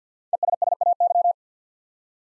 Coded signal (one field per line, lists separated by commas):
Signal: Morse code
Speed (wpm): 48 wpm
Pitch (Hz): 700 Hz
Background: none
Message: ESSAY